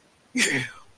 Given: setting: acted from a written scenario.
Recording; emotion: vocal sound without words; triumph